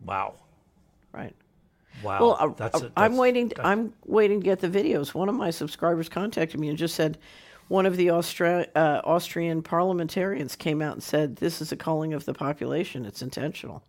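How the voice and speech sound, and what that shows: One adult man speaking fluently at a steady conversational pace, with a few brief pauses and ordinary voice quality.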